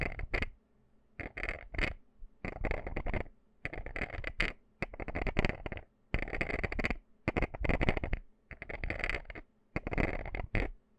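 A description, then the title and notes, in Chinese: Jars and cans are knocked, tapped and scratched in short bursts of about half a second to a second, separated by brief silences. The scraping sounds are bright and gritty, with sharp clicks at the start of many bursts, repeating irregularly throughout. 瓶瓶罐罐的撞擊.敲擊.抓撓。無人聲。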